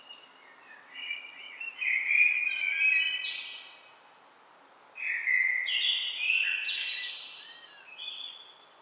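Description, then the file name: Common blackbird song: two warbled phrases, each sliding into a high, squeaky twitter, separated by a pause of about a second. "Turdus merula"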